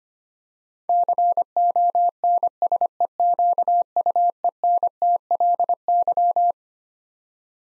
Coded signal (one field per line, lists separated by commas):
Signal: Morse code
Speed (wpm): 25 wpm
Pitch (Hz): 700 Hz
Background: none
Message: CONSEQUENTLY